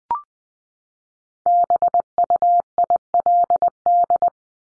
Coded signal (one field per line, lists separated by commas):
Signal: Morse code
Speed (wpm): 20 wpm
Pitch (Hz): 700 Hz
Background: none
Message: BUILD